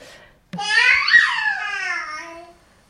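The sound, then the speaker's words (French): A five-month-old baby, alone and not yet babbling, lets out a single drawn-out vocal sound lasting about two seconds while exploring and testing its voice, with a bright harmonic tone that rises, wavers and then slowly falls in pitch before fading. “Ça, c'est un bébé de 5 mois qui fait un peu tous ces trucs d'exploration.”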